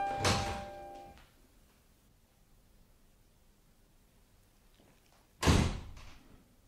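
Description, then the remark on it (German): A door opens with a broad, noisy burst and a faint tonal creak, then after a few seconds of quiet it shuts with a loud, sharp thud. No one speaks. “Und plötzlich sprang er auf, eine Vermutung, ein Vorgefühl. Er lief zur Tür.”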